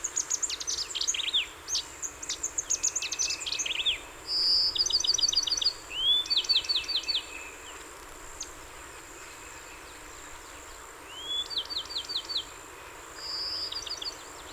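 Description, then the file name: Bachman's sparrow singing: each song opens with a clear whistled note and then breaks into a fast, high trill. Several songs follow, with other high chirps early on. Recorded 30 April 2019; 27 songs. "2019-04-30 Bachmans Sparrow-27 Songs"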